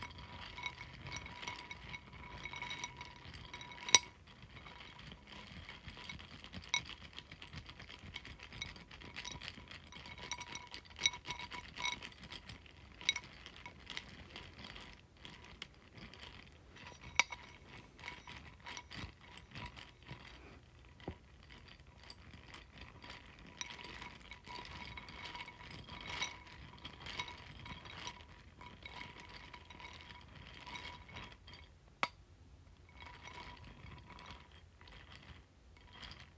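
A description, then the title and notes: Pumpkin seeds being mixed make a dense, continuous rattle and clatter of small hard pieces shifting against each other. The texture runs steadily for the whole stretch, with sharper clicks popping out now and then, notably around 4, 17 and 32 seconds. ASMR Mixing Pumpkin Seeds.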